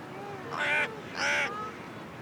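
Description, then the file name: Carrion Crow uttering two rough, grating caws about half a second apart, over low background noise. "Corvus corone"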